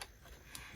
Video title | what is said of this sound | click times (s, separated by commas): Unboxing and testing out Liene Amber M110 Photo Printer @lienephotoprinter | And then you push it in until it clicks. | 0.6 s